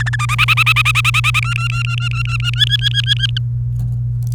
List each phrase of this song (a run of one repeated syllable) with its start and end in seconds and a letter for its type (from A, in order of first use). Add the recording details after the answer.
0.00-0.16 A, 0.19-1.40 B, 1.42-2.50 C, 2.54-3.38 D. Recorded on 28 April 2018 at 09:17. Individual llb3